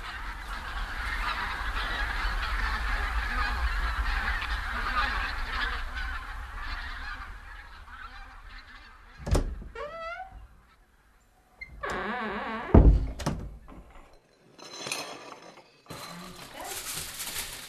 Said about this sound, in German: Außer im Herbst, dann kommen die Zugvögel. Gänse und Kraniche, zigtausende, scheue Tiere, unruhig, fluchtbereit, ein Schauspiel.